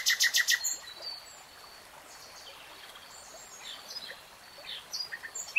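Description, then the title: Nightingale song: a short loud burst of repeated notes, then long faint, thin whistles and scattered chips over a steady background hiss. Nightingale singing, recorded in real time. "[Tiếng chim hót] 3 Hours REALTIME Nightingale Singing"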